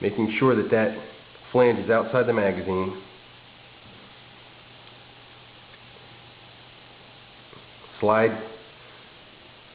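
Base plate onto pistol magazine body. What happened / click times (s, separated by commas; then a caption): Handled, not yet home: no snap of the base plate seating is heard / none. Someone talks while compressing the replacement springs of a Kahr 380 pistol magazine, part of a MagGuts high-capacity conversion, keeping the lock plate flange outside the magazine body as the base plate is slid onto it. Speech fills the first three seconds, followed by a quiet stretch with a low steady hum and faint small handling ticks, then more speech near 8 seconds. Nothing has snapped or seated yet.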